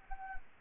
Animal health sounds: mosquito wingbeat signal from an infrared sensor; Anopheles gambiae

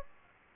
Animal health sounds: mosquito wingbeat signal from an infrared sensor; Aedes aegypti

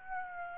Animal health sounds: mosquito wingbeat signal from an infrared sensor; Aedes aegypti

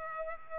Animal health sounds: mosquito wingbeat signal from an infrared sensor; Culex pipiens

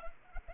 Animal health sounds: mosquito wingbeat signal from an infrared sensor; Culex pipiens

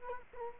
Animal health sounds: mosquito wingbeat signal from an infrared sensor; Culex quinquefasciatus

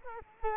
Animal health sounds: mosquito wingbeat signal from an infrared sensor; Culex quinquefasciatus

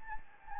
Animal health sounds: mosquito wingbeat signal from an infrared sensor; Anopheles gambiae

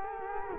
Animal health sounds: mosquito wingbeat signal from an infrared sensor; Culex quinquefasciatus

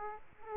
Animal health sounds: mosquito wingbeat signal from an infrared sensor; Aedes aegypti

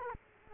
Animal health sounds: mosquito wingbeat signal from an infrared sensor; Culex quinquefasciatus

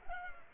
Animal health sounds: mosquito wingbeat signal from an infrared sensor; Culex pipiens

